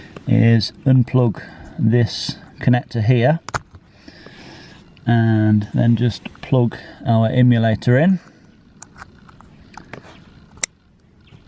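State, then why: Seated. An airbag emulator is plugged into the seat airbag wiring connector under a BMW car seat while someone talks. After several small handling sounds, a sharp, loud click at 10.6 s marks the plastic connector latching into place.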